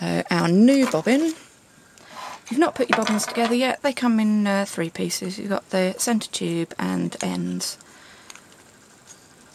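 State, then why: Not seated. Someone talks while handling the plastic pieces of a three-piece spinning wheel bobbin (centre tube, end flanges and bands), lining them up before pushing an end flange onto the centre tube. Brief, faint handling taps are heard around 2.0 s and 8.3–8.5 s, with a sharper tap at the very end. Nothing has seated or clicked yet.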